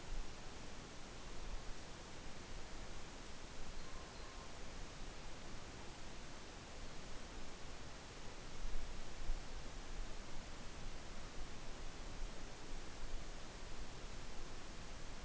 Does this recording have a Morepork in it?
no